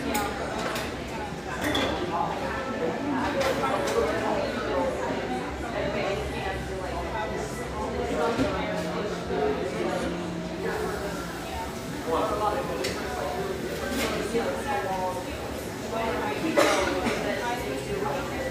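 Steady murmur of overlapping conversation fills the room, with dish and cutlery clinks scattered throughout and a brief low hum near ten seconds.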